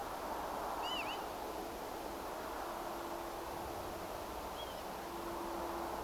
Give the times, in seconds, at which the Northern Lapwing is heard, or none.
0.83-1.18, 4.55-4.80